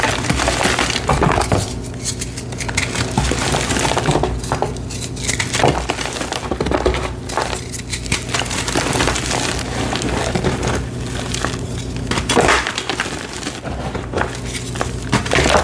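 Gym chalk blocks are crushed nonstop, with dense crunching and crumbling that keeps up throughout. Sharper bursts of crackle stand out around 1.5, 6, 7, 9.5 and 12.5 seconds over a steady low hum.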